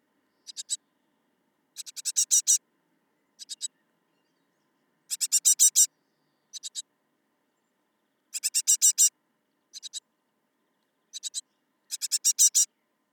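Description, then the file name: Great tit uttering grating, buzzy chatter in irregular bursts, short two- or three-note phrases alternating with longer runs of several harsh notes. "Parus major"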